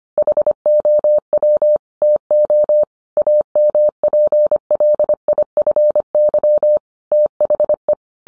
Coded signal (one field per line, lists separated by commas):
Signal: Morse code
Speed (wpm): 25 wpm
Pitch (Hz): 600 Hz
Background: none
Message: HOW TO AMPLIFY THE